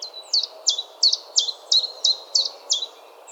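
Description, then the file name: Common chiffchaff song: a steady run of sharp, high chiff-chaff notes, about three each second, alternating slightly in pitch, with soft background hiss. "Johannes Buhl - Penochka-tenkovka Phylloscopus collybita"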